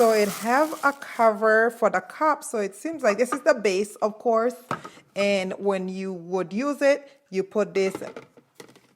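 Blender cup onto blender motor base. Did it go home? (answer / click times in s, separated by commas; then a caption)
yes / 8.6 s. A woman talks while fitting a personal blender cup onto its motor base. Near the end, a sharp click at 8.6 s, followed by fainter taps, marks the cup locking into place on the base.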